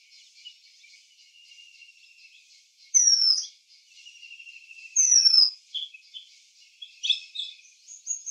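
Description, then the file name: Oriental magpie-robin giving long thin whistles and two loud, sharply falling slurred notes about two seconds apart, followed by a few chirpy phrases, with faint high insect hum. "Copsychus saularis"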